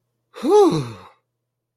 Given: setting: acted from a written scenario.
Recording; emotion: vocal sound without words; relief